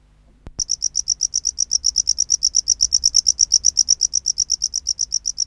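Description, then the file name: Tropical house cricket begins chirping after a brief click, then keeps up a fast, regular series of high-pitched pulses to the end. "Bio Acoustica. Gryllodes sigillatus"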